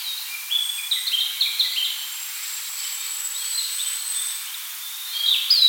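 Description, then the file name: Narcissus flycatcher: songbird giving fainter phrases of high, stepped whistles, with a thin, steady high tone and a louder phrase at the very end. "Ficedula narcissina"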